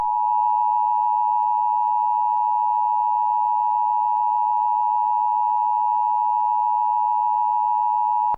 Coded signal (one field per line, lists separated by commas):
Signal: Emergency Alert System (SAME) tones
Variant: 853 and 960 Hz attention tone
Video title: EAS Scenario - Banana Eats